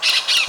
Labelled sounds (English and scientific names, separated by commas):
Brown-throated Parakeet (Eupsittula pertinax) contact call